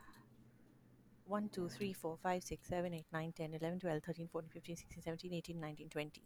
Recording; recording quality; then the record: counting at a fast pace; excellent, no background noise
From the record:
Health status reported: healthy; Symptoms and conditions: none ticked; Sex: female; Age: 43 years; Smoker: not ticked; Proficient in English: yes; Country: India